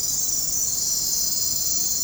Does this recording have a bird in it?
no